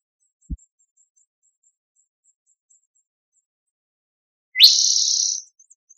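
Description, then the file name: Spotted towhee giving one upslurred buzzy mew, held nearly a second, near the end. Spotted towhee, also called rufous-sided towhee, recorded in Tigard, Oregon, United States, 2006. "spotted (rufous-sided) towhee , Tigard OR 060506"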